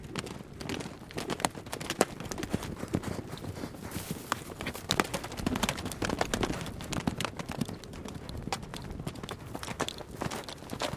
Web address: horse